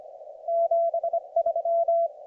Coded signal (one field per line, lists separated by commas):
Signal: Morse code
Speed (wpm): 25 wpm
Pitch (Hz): 690 Hz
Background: none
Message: 73